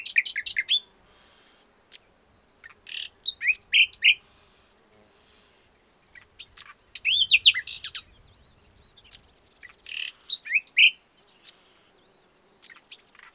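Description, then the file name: Common nightingale delivering four separate phrases of quick, varied chirps and whistles, spaced a few seconds apart, over a faint background hiss. "Luscinia megarhynchos"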